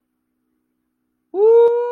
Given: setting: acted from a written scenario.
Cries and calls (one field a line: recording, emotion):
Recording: vocal sound without words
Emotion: awe